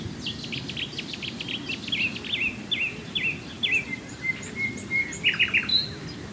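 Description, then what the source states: Common nightingale song: a sequence of repeated down-slurred whistled notes easing into a long soft whistle, then a few brisk chirps. Swale.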